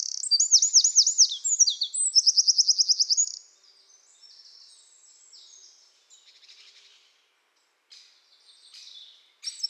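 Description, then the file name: Eurasian wren sings a shrill, high outburst of looping notes and a quick rattling trill for about three seconds, then faint, scattered high chirps follow. "Troglodytes troglodytes"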